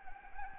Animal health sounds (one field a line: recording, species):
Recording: mosquito wingbeat signal from an infrared sensor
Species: Anopheles gambiae